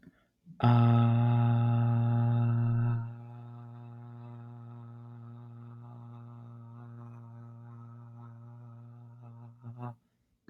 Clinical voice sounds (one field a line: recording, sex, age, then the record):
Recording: vowel held as long as possible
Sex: male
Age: 20 to 29 years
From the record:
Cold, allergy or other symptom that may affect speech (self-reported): no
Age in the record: 27 years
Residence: District of Columbia, United States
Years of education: 16